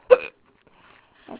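Two abrupt, sharp voiced gulps about a second apart, typical of hiccups in an adult.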